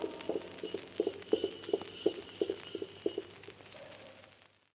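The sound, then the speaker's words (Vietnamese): The hooves of a saddled horse, setting off in haste while it is still dark, clip-clop in a steady, quick rhythm of sharp knocks, gradually fading out toward the end, with a faint sustained tone humming underneath. “Ngựa đã thăng yên cương, ta đi gấp lúc trời còn tăm tối.”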